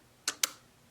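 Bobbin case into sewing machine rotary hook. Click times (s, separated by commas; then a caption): 0.3 s, 0.4 s. A metal bobbin case is pushed by hand onto the rotary hook underneath a Juki DNU-1541S industrial sewing machine. Two sharp metallic clicks ring out at 0.3 s and 0.4 s, with the second slightly louder. The case is seated on the hook, and the click confirms it is in correctly.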